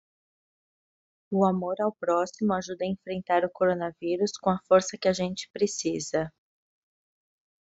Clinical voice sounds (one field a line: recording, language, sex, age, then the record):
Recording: spoken sentence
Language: Brazilian Portuguese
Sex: female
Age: 30 to 39 years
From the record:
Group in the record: control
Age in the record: 33 years